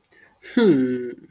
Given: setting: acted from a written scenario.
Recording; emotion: vocal sound without words; sympathy